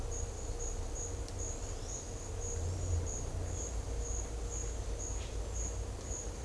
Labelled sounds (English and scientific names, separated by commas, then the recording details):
none
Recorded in secondary vegetation near Puerto Asís, Putumayo, Colombia, on 21 December 2024 at 10:30
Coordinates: 0.500, -76.326
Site G065